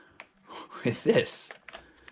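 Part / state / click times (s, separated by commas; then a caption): locking piece into the perpetual calendar assembly / not seated / none. A small printed locking piece is handled against the moving part of a perpetual calendar assembly while someone talks, with a few light ticks and taps of handling. Nothing has seated or clicked into place yet; the clip ends just before the piece is pushed home.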